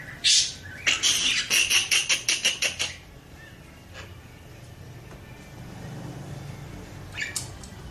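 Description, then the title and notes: Oriental magpie-robin giving a quick run of harsh pulsed notes for about three seconds, followed by near silence and one brief high note. Champion oriental magpie-robin singing in lively, energetic 'gacor' style; a selected master recording for training other birds. "Kacer Juara Gacor. Kumpulan Suara Burung Masteran Pilihan"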